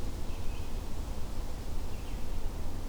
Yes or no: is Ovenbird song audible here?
no